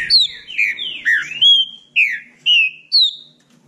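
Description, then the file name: Green-winged saltator song: a phrase of several clear, slurred whistled notes. "canto do trinca ferro"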